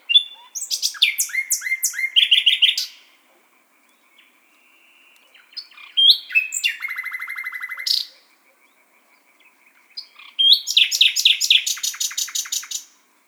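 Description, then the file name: Common nightingale song in three bursts of varied phrases: rapid repeated notes, buzzy rattles and high whistled trills, separated by short pauses. "luscinia megarhynchos"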